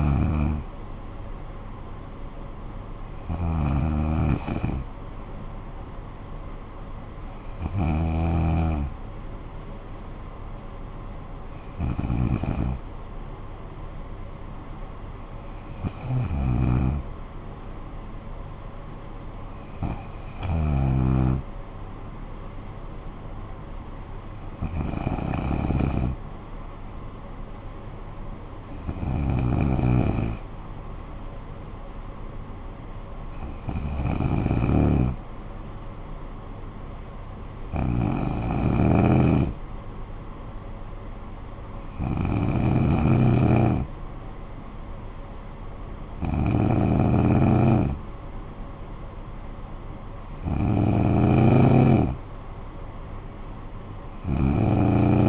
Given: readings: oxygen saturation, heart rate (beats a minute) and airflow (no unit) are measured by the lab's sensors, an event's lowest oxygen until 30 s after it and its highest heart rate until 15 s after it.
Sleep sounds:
breathing in sleep by a smartphone at the bedside; none
none scored
From the record:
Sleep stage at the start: N2 (light sleep); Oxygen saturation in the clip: 93%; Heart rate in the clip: 55 to 65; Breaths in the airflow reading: 13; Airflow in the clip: -9.5 to 6.0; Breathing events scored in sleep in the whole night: 445 in 7.6 hours asleep

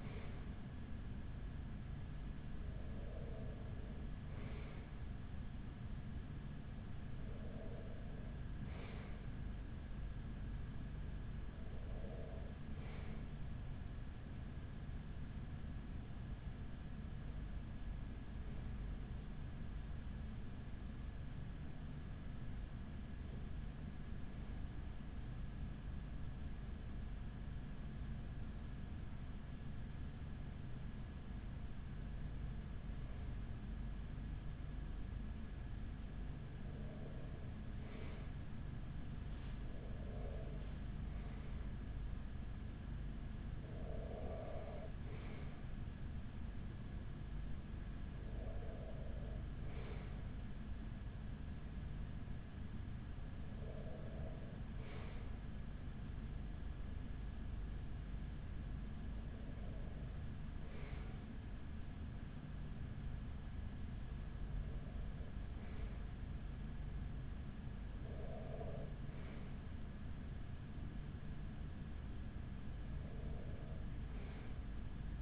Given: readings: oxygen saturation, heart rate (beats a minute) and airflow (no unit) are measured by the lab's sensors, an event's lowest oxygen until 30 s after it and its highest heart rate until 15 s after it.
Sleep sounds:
breathing in sleep by a smartphone at the bedside; 1
18.00-39.60 s: hypopnea (N1, oxygen 96% highest, then 94% lowest, heart rate 42 at the start, 51 highest)
From the record:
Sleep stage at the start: N1 (lightest sleep); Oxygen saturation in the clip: 94 to 96%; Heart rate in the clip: 38 to 51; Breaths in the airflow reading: 17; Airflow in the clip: -9.2 to 6.4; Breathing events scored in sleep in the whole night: 207 in 7.6 hours asleep

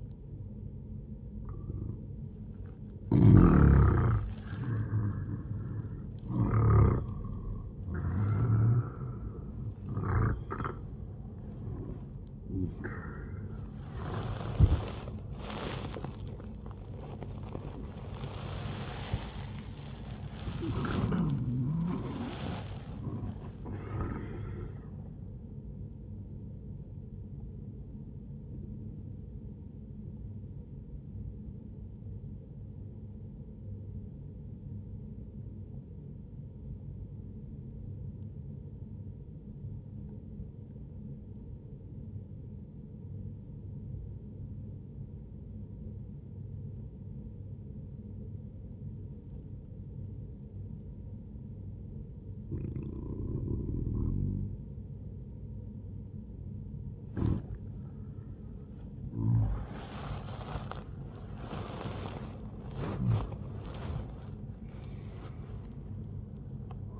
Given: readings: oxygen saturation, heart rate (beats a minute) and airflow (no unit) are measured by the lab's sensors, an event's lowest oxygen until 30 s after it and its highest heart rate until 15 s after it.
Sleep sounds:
breathing in sleep by a smartphone at the bedside; 1
3.00-32.00 s: awake
29.00-55.80 s: obstructive apnea (scored as awake, oxygen 98% highest, then 95% lowest, heart rate 78 at the start, 79 highest)
30.00-67.00 s: new sleep stage, N1 (lightest sleep)
From the record:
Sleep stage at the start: awake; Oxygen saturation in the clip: 95 to 98%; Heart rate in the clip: 60 to 81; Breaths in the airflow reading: 8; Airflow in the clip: -11.5 to 11.8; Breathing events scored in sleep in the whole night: 131 in 7.2 hours asleep

